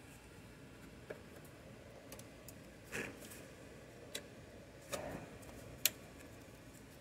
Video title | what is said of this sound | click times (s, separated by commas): 2011 Mercedes GLK 350 X204 Alternator Replacement | push that in make sure you hear the click of the uh quick release | 5.9 s